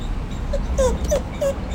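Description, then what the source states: Hokkaido dog whimpering, a few short high whines, some slightly falling, over low background hum. Hokkaido dog named Fuyuichiro, whining in the morning; owner interprets it as asking for breakfast.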